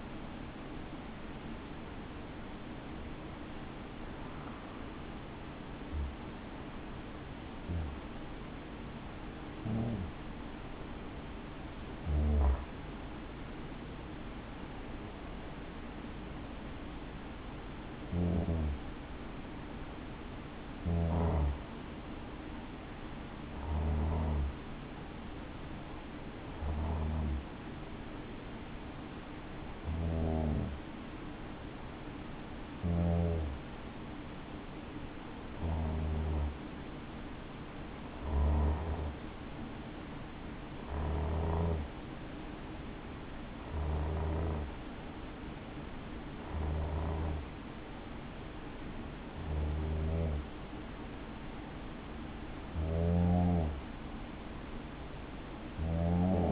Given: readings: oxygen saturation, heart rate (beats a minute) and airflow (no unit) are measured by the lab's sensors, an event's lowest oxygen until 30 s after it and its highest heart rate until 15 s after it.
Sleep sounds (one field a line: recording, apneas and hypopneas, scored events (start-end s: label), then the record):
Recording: breathing in sleep by a voice recorder at the bedside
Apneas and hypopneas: 1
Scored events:
6.00-34.50 s: hypopnea (N1, oxygen 96% highest, then 93% lowest, heart rate 64 at the start, 67 highest)
48.00-56.52 s: new sleep stage, N2 (light sleep)
From the record:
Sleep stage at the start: N1 (lightest sleep)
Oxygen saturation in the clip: 91 to 96%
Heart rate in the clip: 60 to 68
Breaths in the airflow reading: 20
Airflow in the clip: -5.1 to 6.1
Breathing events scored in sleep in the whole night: 216 in 7.0 hours asleep